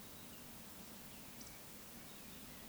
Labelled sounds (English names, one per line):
Eurasian Woodcock whistle